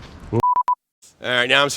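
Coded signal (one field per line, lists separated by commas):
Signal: none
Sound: camera's card-full beeps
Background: speech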